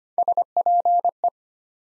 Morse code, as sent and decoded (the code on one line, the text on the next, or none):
... .--. .
SPE